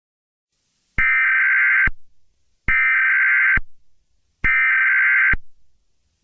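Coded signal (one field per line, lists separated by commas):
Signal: Emergency Alert System (SAME) tones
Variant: header bursts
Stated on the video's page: Mock tornado emergency for Dallas using valid EAS tones, with a voiceover.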